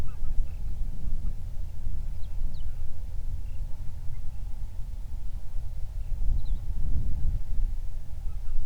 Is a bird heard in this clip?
yes